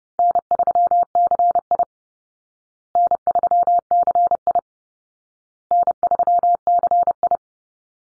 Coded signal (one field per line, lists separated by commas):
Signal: Morse code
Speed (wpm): 30 wpm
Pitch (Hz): 700 Hz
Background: none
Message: N3CI N3CI N3CI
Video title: Easy Call Signs Repeated 3x 30wpm